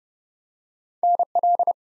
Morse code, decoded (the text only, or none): NL